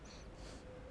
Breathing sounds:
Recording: one breath in and out by a microphone near the nose and mouth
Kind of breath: strong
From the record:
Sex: male

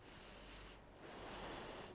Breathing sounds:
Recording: one breath in and out by a microphone near the nose and mouth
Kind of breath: deep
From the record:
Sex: female

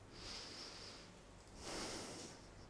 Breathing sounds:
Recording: one breath in and out by a microphone near the nose and mouth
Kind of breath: deep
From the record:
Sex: male

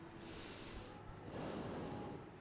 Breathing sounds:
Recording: one breath in and out by a microphone near the nose and mouth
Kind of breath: normal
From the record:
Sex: male

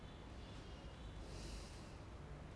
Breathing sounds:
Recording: one breath in and out by a microphone near the nose and mouth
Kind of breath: normal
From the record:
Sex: male

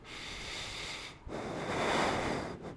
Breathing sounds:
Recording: one breath in and out by a microphone near the nose and mouth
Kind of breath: deep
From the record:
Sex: male

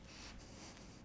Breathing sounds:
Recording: one breath in and out by a microphone near the nose and mouth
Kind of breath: strong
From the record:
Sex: male

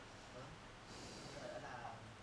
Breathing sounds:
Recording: one breath in and out by a microphone near the nose and mouth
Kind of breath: normal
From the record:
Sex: male

